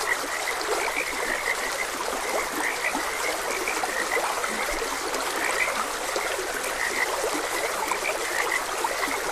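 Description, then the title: Many frogs croaking with short, bright notes in irregular bursts, backed by the ongoing rush of a stream. Frogs croaking beside a gentle stream. "Gentle Stream and Frogs Croaking"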